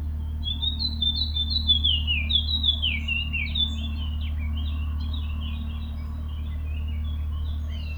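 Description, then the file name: Eurasian blackcap: quick, scratchy chattering notes tumble in a busy series for about four seconds, then thin to sparse twitters over a steady low hum. "Sylvia atricapilla"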